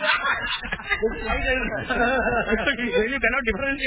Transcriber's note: laughter